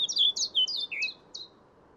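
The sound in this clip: Eurasian blackcap giving a brief run of quick, high, slurred warbling notes that fade out, over a quiet low hum.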